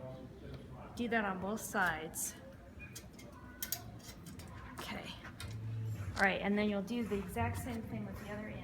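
Someone talks while pulling up the side clamp on the second side of a wire-mesh True-Catch humane animal trap panel. It snaps into place with two sharp clicks at 3.6 and 3.7 seconds, seating the clamp.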